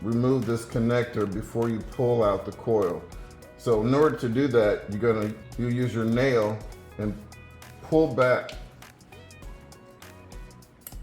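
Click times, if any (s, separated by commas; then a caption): 10.9 s. On a 2020-2024 Ford Escape ST-Line 1.5L, the white plastic locking tab on an ignition coil's electrical connector is pulled back with a fingernail so the connector can be removed. Someone talks over background music, then a few soft handling sounds follow. A sharp click at 10.9 s marks the tab releasing.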